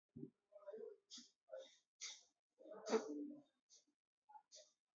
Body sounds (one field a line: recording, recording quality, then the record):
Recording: deep breathing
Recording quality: moderate, slight background noise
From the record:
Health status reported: respiratory illness, not identified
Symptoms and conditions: asthma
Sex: male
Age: 20 years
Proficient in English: yes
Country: India